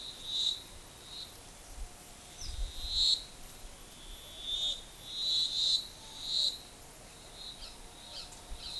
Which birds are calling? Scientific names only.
none